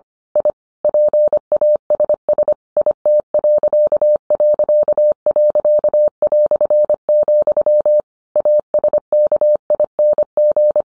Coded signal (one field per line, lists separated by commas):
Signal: Morse code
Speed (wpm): 25 wpm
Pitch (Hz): 600 Hz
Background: none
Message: I PASS IT...", ASKING